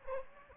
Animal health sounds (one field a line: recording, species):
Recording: mosquito wingbeat signal from an infrared sensor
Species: Anopheles gambiae